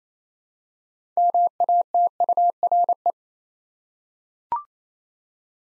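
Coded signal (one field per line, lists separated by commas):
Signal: Morse code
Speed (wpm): 27 wpm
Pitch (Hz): 700 Hz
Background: none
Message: MATURE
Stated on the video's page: Morse practice: six-letter words sent at 28 wpm, each word sent twice; other speeds from 15 to 25 wpm also offered.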